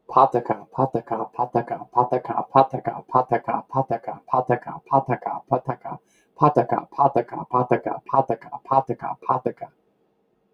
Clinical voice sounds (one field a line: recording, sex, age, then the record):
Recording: repeated syllables /pa ta ka/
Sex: male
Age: 30 to 39 years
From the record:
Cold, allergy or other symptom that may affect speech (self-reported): no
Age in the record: 34 years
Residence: Arizona, United States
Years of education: 17